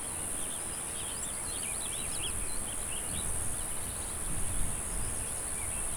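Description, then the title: Cicadas drone in an unbroken, shrill buzz, while birds twitter intermittently and a low rumble swells in the background. "neoscenes: cicadas"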